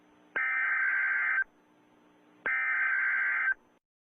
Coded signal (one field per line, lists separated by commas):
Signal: Emergency Alert System (SAME) tones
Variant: header bursts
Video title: Rating EAS Alarms Part 22: The Saga Isnt Done Yet!